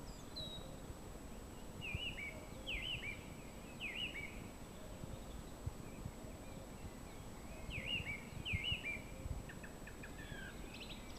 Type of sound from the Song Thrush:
song